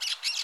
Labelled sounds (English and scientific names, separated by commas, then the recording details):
Brown-throated Parakeet (Eupsittula pertinax) contact call
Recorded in Curacao
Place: along powerline, near entrance of Santa Barbara resort
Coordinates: 12.068, -68.844